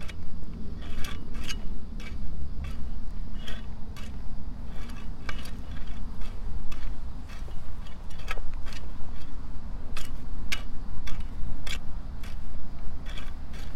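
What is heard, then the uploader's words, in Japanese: Weeding in a carrot bed on a warm late-summer morning, with short, crisp clicks and snips arriving every half second to a second. A steady low outdoor rumble runs underneath throughout. 残暑の午前中 人参中耕と除草。32℃\\23 ℃/晴れのち曇り。クワで通路の草を取り払い、ハサミで人参の近くに生えた大きめの草を切り、さらに草抑えと土の中に空気を送るため軽くスジ蒔きした人参の列の間を耕します(中耕)。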